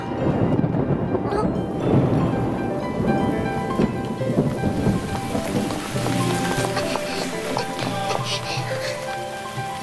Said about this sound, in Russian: Как и не вовремя дождь пошел.